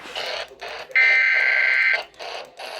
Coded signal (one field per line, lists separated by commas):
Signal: Emergency Alert System (SAME) tones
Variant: header bursts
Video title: The Flood Bowl of Alerts | EAS's #808-862 from July 14th, 2025.